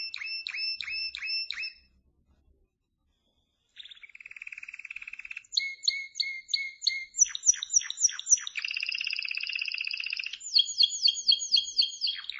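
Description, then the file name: Canary song in rapid repeated trills, each tour a fast run of identical high notes before switching to a new pattern, with a short silent pause early on. "Canary Voice"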